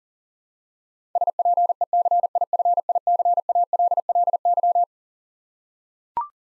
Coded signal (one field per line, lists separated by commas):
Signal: Morse code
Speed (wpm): 40 wpm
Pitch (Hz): 700 Hz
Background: none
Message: SPECIFICALLY